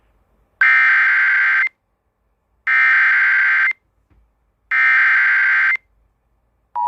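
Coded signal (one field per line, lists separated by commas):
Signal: Emergency Alert System (SAME) tones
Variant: header bursts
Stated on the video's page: Special marine warning for Hawaii sent over the Emergency Alert System.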